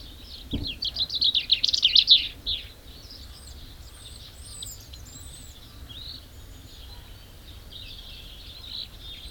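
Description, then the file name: Common chaffinch song, a descending rattle of rapid notes lasting about two seconds, then thin high whistles and soft background noise. "Fringilla coelebs"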